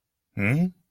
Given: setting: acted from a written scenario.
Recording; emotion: vocal sound without words; confusion